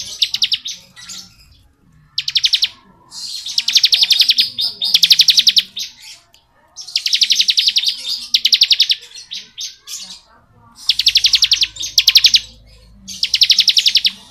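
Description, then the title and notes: Bar-winged prinia giving many buzzy high-pitched rattles in quick succession, bursts packed closely, with faint twittering underneath. Bar-winged prinia in the ngebren song style, used as tutor audio for training white-rumped shamas (murai batu). "Ciblek Ngebren Untuk Masteran Murai Batu. Suara burung ciblek - Suara Nada"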